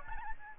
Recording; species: mosquito wingbeat signal from an infrared sensor; Aedes albopictus